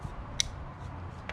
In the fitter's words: that's going to click and that's it